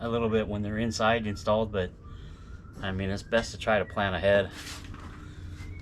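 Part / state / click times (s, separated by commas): fuel injector into fuel rail / not seated / none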